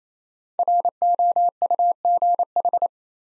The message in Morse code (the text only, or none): ROUGH